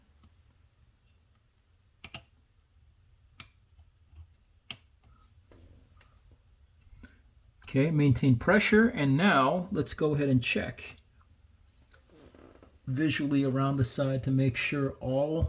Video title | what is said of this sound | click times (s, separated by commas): [watchncarry -- Modified Casio] Modding a Casio GShock GW-9400 with a positive display | And then you'll hear some clicks when you do that. | 2.0 s, 3.4 s, 4.7 s